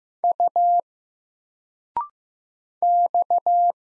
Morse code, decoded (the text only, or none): U X